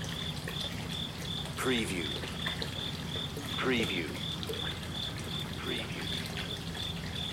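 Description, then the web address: Cricket chirping steadily at a high pitch over continuous trickling water, with two brief downward-sweeping sounds from another source. Crickets at night beside trickling water in Kyoto, Japan. "lynne-publishing water trickle crickets night Kyoto Japan"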